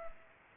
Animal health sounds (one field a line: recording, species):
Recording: mosquito wingbeat signal from an infrared sensor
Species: Culex pipiens